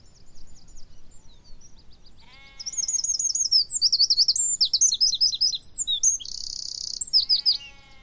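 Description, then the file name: Eurasian wren song, a long, vigorous high strophe of fast rattling trills and sharp notes lasting about five seconds, after softer high notes, with a brief harmonic call at its start and end. "Troglodytes troglodytes"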